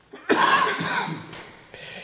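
A short run of harsh, throaty coughs from an adult man in a small room, the first the loudest; the cough is put down to his being out in the cold.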